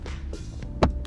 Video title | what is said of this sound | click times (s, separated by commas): 올해의 차 기아 K9 5.0 퀀텀 시승기…가성비 끝판왕인 이유! | K7에서 요게 닫힐 때 소리가 너무 딸깍 소리가 난다고 했는데 K9은 그런 것도 잡았네요. 굉장히 고급스러운 딸깍입니다. | 0.8 s